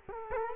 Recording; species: mosquito wingbeat signal from an infrared sensor; Culex quinquefasciatus